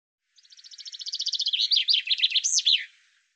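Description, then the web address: Bird song: a steady run of quick, evenly spaced high notes that gets louder, then breaks into looping, swooping notes before stopping. "cianscape birddata Deverinetal 2025 Bird Fr Co"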